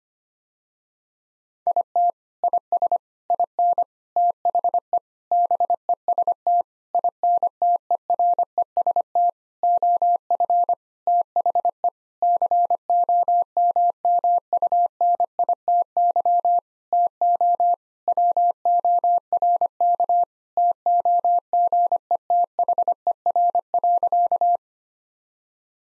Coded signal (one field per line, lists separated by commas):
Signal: Morse code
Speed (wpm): 25 wpm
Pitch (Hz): 700 Hz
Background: none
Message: IT IS IN THE BEST INTEREST OF THE COMMUNITY TO WORK TOGETHER.